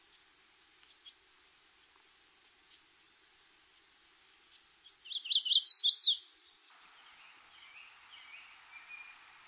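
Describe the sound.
Magnolia warbler song: soft high ticks, then a short loud phrase of quick notes, ending abruptly, with faint hiss afterward.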